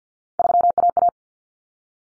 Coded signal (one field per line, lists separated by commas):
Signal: Morse code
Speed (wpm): 50 wpm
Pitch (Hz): 700 Hz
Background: none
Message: 3AA